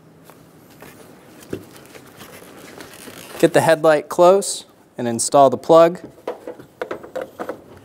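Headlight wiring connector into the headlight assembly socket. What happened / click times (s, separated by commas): The connector is being handled and positioned but has not yet locked home / none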